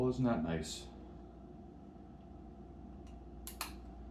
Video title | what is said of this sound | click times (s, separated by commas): Clean & Replace Foil and Cutters on Remington PF7855 - Easy Step-by-Step Guide - Electric Razor Rap | there there's a click | 3.5 s, 3.6 s